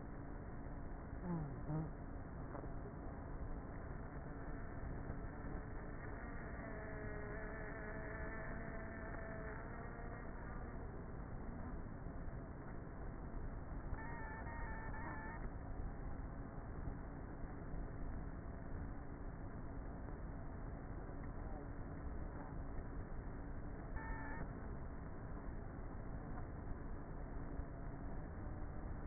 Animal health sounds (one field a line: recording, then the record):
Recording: honeybee colony, microphone inside the hive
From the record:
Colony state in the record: queenless with a low population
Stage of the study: before two queens were removed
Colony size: about 30,000 bees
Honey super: no